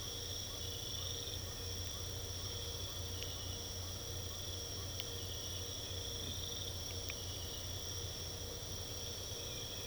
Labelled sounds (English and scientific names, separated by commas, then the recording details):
none
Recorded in pastures near Puerto Asís, Putumayo, Colombia, on 22 December 2024 at 03:00
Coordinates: 0.486, -76.323
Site GP01